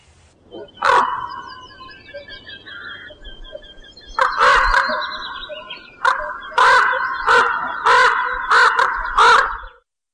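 Crows cawing in a series of loud, harsh calls, one early caw, then a burst around the middle and a steady run of rhythmic caws toward the end, with no talking.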